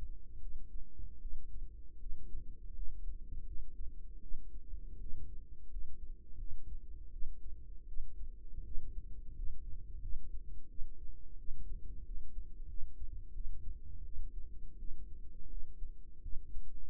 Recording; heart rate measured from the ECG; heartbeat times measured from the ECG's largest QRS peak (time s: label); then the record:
heart sounds by microphone in the right ear; 84 bpm
0.40 s: heartbeat
1.20 s: heartbeat
1.99 s: heartbeat
2.74 s: heartbeat
3.45 s: heartbeat
4.20 s: heartbeat
4.99 s: heartbeat
5.69 s: heartbeat
6.37 s: heartbeat
7.11 s: heartbeat
7.86 s: heartbeat
8.63 s: heartbeat
9.34 s: heartbeat
10.00 s: heartbeat
10.68 s: heartbeat
11.37 s: heartbeat
12.04 s: heartbeat
12.67 s: heartbeat
13.33 s: heartbeat
14.03 s: heartbeat
14.78 s: heartbeat
15.48 s: heartbeat
16.21 s: heartbeat
From the record:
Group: healthy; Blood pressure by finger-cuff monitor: 102/58 mmHg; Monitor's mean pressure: 70 mmHg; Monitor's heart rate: 84 bpm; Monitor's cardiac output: 7.3 L/min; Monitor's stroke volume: 87 mL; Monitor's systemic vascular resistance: 690 dyn s/cm5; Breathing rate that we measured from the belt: 20 breaths a minute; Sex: female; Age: 22 years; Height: 157 cm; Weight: 47.6 kg